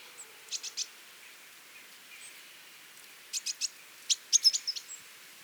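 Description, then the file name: Great tit calls: short, bright high chirps, a few spaced notes early, then a rapid run of clipped notes near the end. "Parus major"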